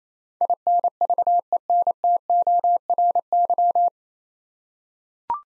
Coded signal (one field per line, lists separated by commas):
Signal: Morse code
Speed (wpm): 28 wpm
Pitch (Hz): 700 Hz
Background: none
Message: INVENTORY